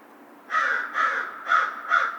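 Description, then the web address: American crow giving four hoarse caws in quick succession. Recorded 2 March 2010. "Crow 2010 03 02 American Crow"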